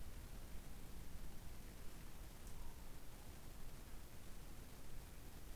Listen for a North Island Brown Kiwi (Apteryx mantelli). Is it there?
no